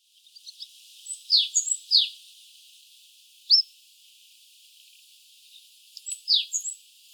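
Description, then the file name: Eurasian blue tit calls: thin, very high notes with steep downward sweeps, in short bursts near the start and end, with a single sharp note between. "Cyanistes caeruleus"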